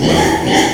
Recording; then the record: squeal of a Yucatan mini pig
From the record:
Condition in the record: before surgery on the right vocal fold (resection and tissue-engineered implant); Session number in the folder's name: 2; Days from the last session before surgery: 0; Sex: male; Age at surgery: 12 weeks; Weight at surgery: 13 kg